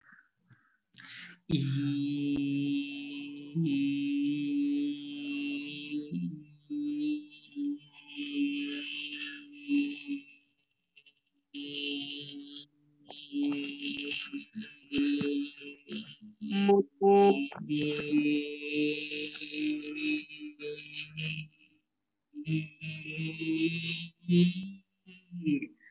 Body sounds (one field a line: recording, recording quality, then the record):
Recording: sustained vowel as in beet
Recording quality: excellent, no background noise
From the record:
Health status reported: healthy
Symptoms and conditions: cold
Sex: male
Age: 26 years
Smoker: not ticked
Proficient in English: yes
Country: India